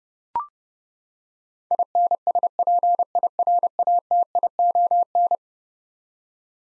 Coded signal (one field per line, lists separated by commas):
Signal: Morse code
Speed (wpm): 30 wpm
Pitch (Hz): 700 Hz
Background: none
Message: INSPIRATION